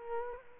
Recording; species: mosquito wingbeat signal from an infrared sensor; Culex quinquefasciatus